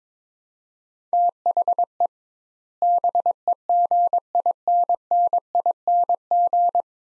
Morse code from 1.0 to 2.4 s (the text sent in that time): THE